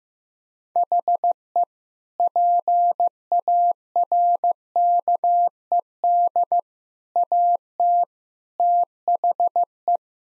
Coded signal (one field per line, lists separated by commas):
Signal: Morse code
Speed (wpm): 15 wpm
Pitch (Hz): 700 Hz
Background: none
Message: HE PARKED AT THE